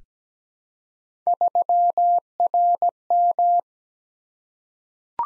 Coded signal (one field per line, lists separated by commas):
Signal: Morse code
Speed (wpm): 17 wpm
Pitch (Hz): 700 Hz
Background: none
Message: 3RM